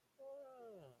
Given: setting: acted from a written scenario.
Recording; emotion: vocal sound without words; disappointment